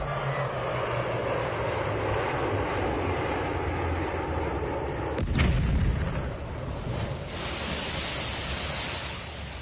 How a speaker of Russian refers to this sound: Только что потоплена торпедой английская канонерка «Эребус», которая пыталась уничтожить нашу радиостанцию в Атлантическом океане. Послушайте, как это было.